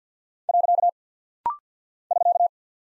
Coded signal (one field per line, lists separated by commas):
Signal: Morse code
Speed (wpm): 50 wpm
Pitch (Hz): 700 Hz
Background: none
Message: . <SK>